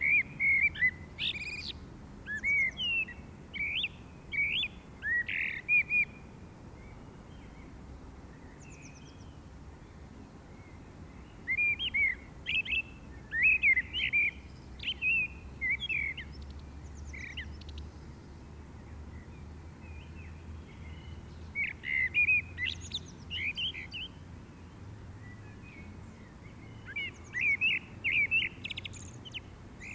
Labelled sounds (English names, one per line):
Common Blackbird song